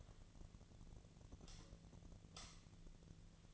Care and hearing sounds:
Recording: daily activity, microphone in the room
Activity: light off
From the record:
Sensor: 4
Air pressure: 1010.7 hPa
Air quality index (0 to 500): 171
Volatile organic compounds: 5 ppm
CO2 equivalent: 1740 ppm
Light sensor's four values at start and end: 38/110/44/44 and 38/109/43/44

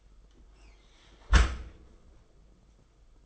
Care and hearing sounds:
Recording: daily activity, microphone in the room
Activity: close dishwasher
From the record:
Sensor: 5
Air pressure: 990.6 hPa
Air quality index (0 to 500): 161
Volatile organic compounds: 267 ppm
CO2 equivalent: 4404 ppm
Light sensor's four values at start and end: 37/112/43/46 and 37/113/44/46

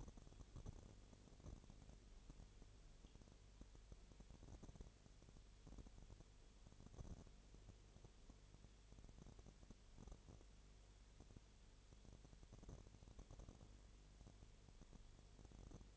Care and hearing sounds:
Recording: daily activity, microphone in the room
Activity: no activity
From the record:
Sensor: 4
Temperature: 22.7 degrees Celsius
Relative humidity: 32.0%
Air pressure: 1008.1 hPa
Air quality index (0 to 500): 114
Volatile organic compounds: 2 ppm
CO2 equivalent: 1108 ppm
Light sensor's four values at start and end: 2/3/1/1 and 2/3/1/1

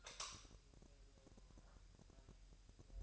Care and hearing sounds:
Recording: daily activity, microphone in the room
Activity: light off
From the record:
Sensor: 2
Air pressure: 1001.8 hPa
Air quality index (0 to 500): 247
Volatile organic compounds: 35 ppm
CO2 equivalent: 3063 ppm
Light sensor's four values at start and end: 9/25/10/10 and 4/10/4/4

